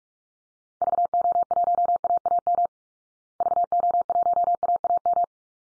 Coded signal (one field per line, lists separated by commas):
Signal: Morse code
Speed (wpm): 44 wpm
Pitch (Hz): 700 Hz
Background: none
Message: VO1AAM VO1AAM